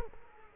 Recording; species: mosquito wingbeat signal from an infrared sensor; Culex quinquefasciatus